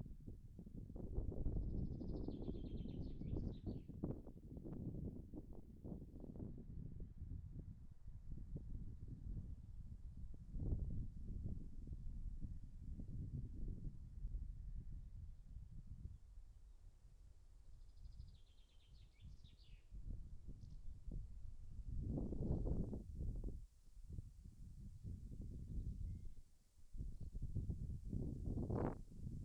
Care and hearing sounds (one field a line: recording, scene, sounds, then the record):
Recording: everyday scene through a hearing-aid microphone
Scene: wind on the microphone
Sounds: wind, birds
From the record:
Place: in front of a rural house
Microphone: behind the ear, left, front